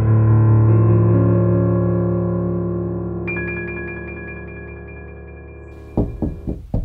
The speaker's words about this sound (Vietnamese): Tiếng gõ cửa phòng của người vợ trẻ lại vang lên. Lần này âm thanh như khá gấp gáp.